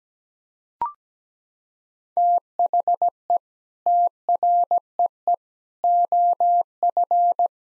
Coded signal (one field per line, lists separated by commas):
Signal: Morse code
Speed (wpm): 17 wpm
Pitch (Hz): 700 Hz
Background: none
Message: THE TREE OF